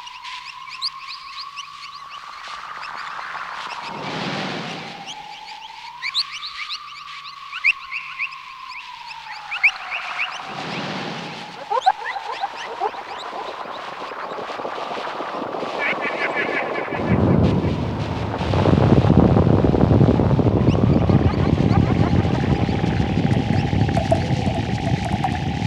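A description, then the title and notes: Jungle field recording with a steady droning tone running throughout, dotted with small chirps and clicks, possibly frogs. Brief whooshing surges pass near 4 and 11 seconds. From about 17 seconds a dense rushing noise fills in and stays louder to the end. Field recordings from the jungles of South America.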